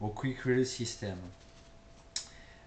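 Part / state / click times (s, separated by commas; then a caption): camera mounting arm into quick-release mount / seated / 2.2 s. Someone talks, then a mounting arm fixed under a camera is clipped into a quick-release mount. A single short, sharp tick is heard at 2.2 s. The arm seats in the quick-release.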